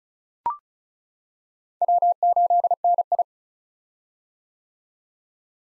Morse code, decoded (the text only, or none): W8NI